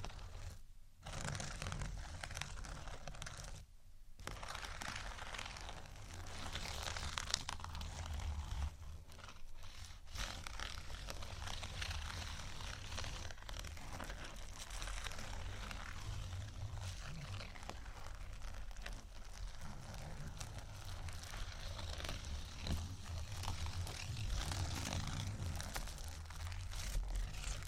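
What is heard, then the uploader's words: Scratching and tapping continue almost without a break for the whole stretch, a dense, rough, crackling texture with a steady low rumble underneath. Brief gaps near the start and around ten seconds interrupt it, and the level stays fairly even, rising slightly toward the end. ScratchingTapping for Relaxation （No Talking）.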